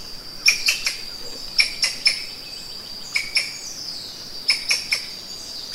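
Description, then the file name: Thomas's rope squirrel clicking in short bursts of two or three sharp notes, accompanied by an unbroken high insect drone. Recorded in Sangha on 10 February 2021 at 6:51 AM, early morning. "Funisciurus-atherynus-A-Rod-Cassidy-Sangha-Squirrel-Thomases-Rope-Good-2021-02-10-6 51 44-AM"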